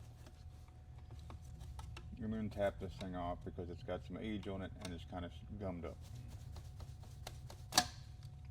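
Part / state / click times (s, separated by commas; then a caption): retaining clip on engine component / released / 7.8 s. Someone talks while a gummed-up, aged retaining clip on a 3.0T engine, near the oil filter housing, is tapped with a tool, giving light ticks. At 7.8 s a sharp crack rings out as the clip pops free and is released.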